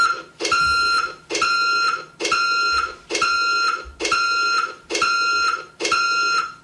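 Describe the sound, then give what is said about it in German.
A truck's reversing warning sounds seven loud, evenly spaced electronic beeps, each held for over half a second at the same steady, piercing pitch, with no talking. “Nein, ich fahre nur gerade mit einem LKW rückwärts.”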